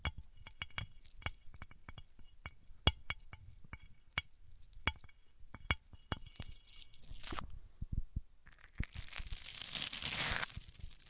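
Microphones rubbed across different surfaces make a run of sharp clicks, ticks and scrapes, irregular and fairly dense for the first seven seconds. After a brief lull, a loud, bright, rough rubbing noise swells from about eight seconds and fills the rest of the clip.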